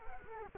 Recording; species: mosquito wingbeat signal from an infrared sensor; Culex quinquefasciatus